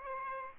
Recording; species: mosquito wingbeat signal from an infrared sensor; Aedes aegypti